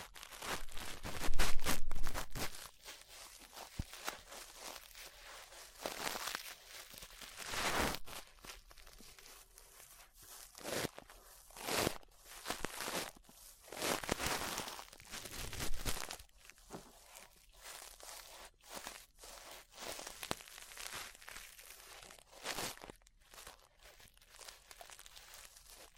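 Ear brushing, with bristles sweeping in short, bright, scratchy strokes that come every second or two. The strokes vary in strength, with a loud burst near the start and softer ones later, and brief quiet gaps between them. Some strokes crunch like footsteps on gravel.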